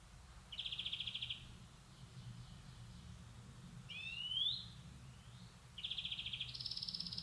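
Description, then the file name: European greenfinch calls: a short buzzy trill, a rising slurred whistle, then a two-part buzzy trill that steps higher, over faint low rumble. "Chloris chloris"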